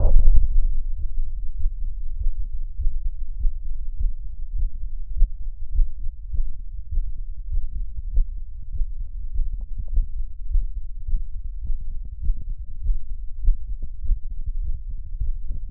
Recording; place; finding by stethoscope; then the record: heart sounds by stethoscope; tricuspid valve (TV); normal heart sounds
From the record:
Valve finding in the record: tricuspid regurgitation, grade 1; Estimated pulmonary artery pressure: 35 mmHg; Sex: male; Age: 42 years